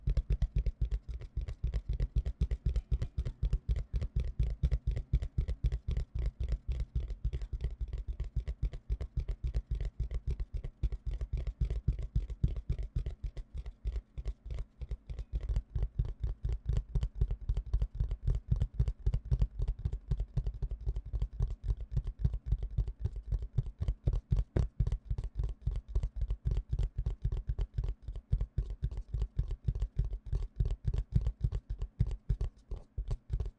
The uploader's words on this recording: 紙杯. 紙盒.紙容器觸發. Tapping Cardboard Cups. NO Talking.